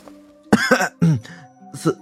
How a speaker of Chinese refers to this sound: 将触而未触到时，…紧张地咳嗽了一声。